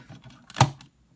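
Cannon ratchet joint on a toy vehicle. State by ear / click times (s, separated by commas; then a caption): seated / 0.6 s. A plastic cannon on a toy robot vehicle is moved on its ratcheting joint, with faint small clicks around it. At 0.6 s the joint gives one sharp, loud detent click that sets the cannon at about a 45° angle. It clicks into position and goes no further back.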